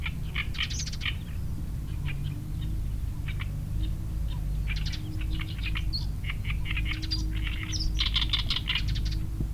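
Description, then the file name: Oriental reed warbler song, grating croaks and squeaky notes strung into busy, varied phrases over a constant low rumble. Two birds singing; Changle, Fujian, China; 5 May 2012. "Oriental Reed Warbler 2 birds Song 120505 Fujian Changle"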